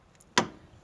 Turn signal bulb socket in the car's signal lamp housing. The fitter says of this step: like this you'll hear a small clicking sound and